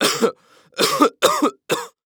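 An adult male gives four short, harsh, partly voiced cough bursts in about two seconds, with brief pauses between them. A plain cough sound effect, in a quiet small room.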